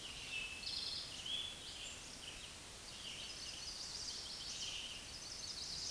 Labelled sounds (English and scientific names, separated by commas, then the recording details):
Eastern Towhee (Pipilo erythrophthalmus) song
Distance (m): 50 m
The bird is about 15 m above the microphone
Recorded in a Pennsylvania forest on 16 May 2024 at 09:09
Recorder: AudioMoth, point MSD-2166
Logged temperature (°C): 16.3 °C
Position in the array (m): 63 m, 15 m